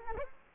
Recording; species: mosquito wingbeat signal from an infrared sensor; Culex quinquefasciatus